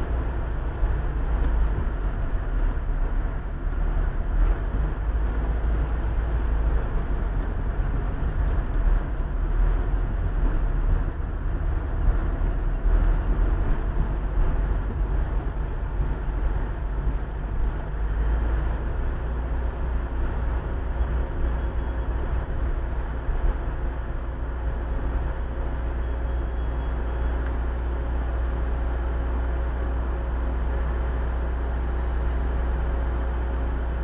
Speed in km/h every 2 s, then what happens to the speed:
17, 18, 19, 20, 19, 20, 20, 21, 18, 15, 13, 9, 8, 5, 3, 2, 1.
0-14 steady at about 19. 14-30 slows to 2. 30-34 standing.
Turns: none.